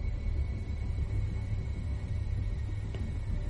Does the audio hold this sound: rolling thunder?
yes